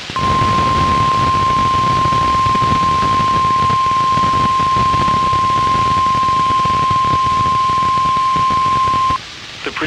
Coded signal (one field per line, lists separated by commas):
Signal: Emergency Alert System (SAME) tones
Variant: 1050 Hz attention tone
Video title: 1/26/22 - EAS 416 - WWF44 RWT